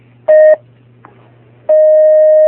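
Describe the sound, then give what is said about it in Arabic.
Telephone line tones as a caller connects to a phone-in question segment of a call-in religious fatwa program: a brief, steady mid-pitched beep, a pause filled with low hum and a faint click, then a long, loud unbroken tone that continues to the end. “نأخذ هذا الاتصال.”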